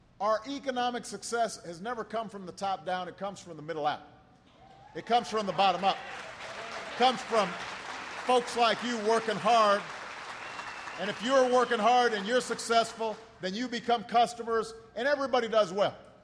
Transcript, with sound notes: Our economic success has never come from the top down; it comes from the middle out. It comes from the bottom up. (Applause.) It comes from folks like you working hard, and if you’re working hard and you’re successful, then you become customers and everybody does well.